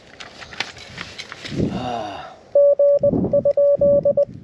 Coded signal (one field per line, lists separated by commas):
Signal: Morse code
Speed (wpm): 19 wpm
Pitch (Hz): 570 Hz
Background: none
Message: G?